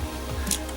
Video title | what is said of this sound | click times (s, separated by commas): Transformers generation one Raiden KO | and the crazy thing is you turn it till it clicks once it clicks that's where you want it | 0.5 s